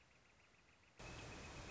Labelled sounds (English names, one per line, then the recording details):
Northern Flicker
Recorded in Sonoma County, California